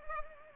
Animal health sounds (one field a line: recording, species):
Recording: mosquito wingbeat signal from an infrared sensor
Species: Culex pipiens